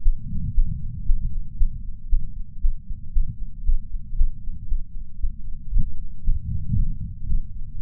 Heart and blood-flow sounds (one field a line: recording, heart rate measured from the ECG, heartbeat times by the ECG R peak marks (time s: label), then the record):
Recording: heart sounds by patch sensor on the chest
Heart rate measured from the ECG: 116 bpm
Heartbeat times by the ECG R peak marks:
0.02 s: heartbeat
0.54 s: heartbeat
1.05 s: heartbeat
1.57 s: heartbeat
2.08 s: heartbeat
2.60 s: heartbeat
3.12 s: heartbeat
3.64 s: heartbeat
4.16 s: heartbeat
4.68 s: heartbeat
5.20 s: heartbeat
5.71 s: heartbeat
6.23 s: heartbeat
6.75 s: heartbeat
7.26 s: heartbeat
7.78 s: heartbeat
From the record:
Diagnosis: coronary artery disease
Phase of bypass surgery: postoperative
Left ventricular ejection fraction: 71.2%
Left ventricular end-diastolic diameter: 40 mm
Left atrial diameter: 32 mm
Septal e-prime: 7.5 cm/s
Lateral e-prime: 10.9 cm/s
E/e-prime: 8.9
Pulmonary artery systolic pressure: 32 mmHg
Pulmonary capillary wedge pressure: 12 mmHg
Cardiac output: 5.45 L/min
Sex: female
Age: 65 years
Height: 153 cm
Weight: 51.5 kg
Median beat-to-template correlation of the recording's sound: 0.91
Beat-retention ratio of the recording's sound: 0.96